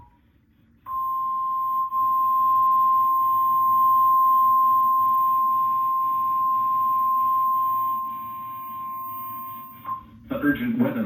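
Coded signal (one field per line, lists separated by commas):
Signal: Emergency Alert System (SAME) tones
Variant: 1050 Hz attention tone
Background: speech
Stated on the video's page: Severe thunderstorm warning carried on Cox cable.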